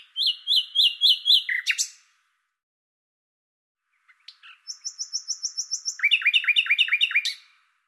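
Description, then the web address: Common nightingale singing a phrase of repeated notes, then after a pause a high rapid series that merges into fast, looping chirps. "Deverinetal 2025"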